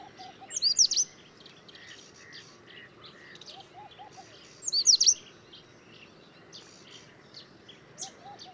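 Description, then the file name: Indian robin calls: two bursts of sharp, high chattering notes about four seconds apart, with softer lower chirps and faint birds in the background. "Indian Robin Copsychus fulicatus"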